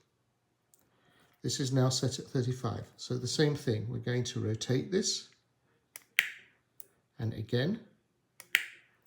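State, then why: Torque reached. A toggle-type dental torque wrench set to 35 Ncm is turned clockwise against a torque verification tool until it breaks over. Someone talks, then sharp ticks come from the mechanism, and the wrench gives a distinct click at 8.6 s as it reaches its set value.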